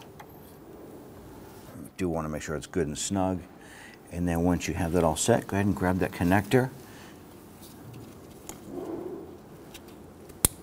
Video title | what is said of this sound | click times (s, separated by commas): How to Replace Coolant Temperature Sensor 2017-2020 Hyundai Elantra 2.0L | Line it up and push that on. You're going to hear and feel it click and you know that that is secured. | 10.5 s